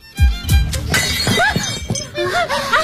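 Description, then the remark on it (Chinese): A porcelain teacup shatters in two sharp, loud crashes early on, followed by a woman speaking in agitated, rising and falling tones. “好，那我们还是听一下原声啊，把也是一开始第一集的32分钟左右啊，就是这个三个人开斗了，就安陵容把这个茶碗打碎了这么一段。”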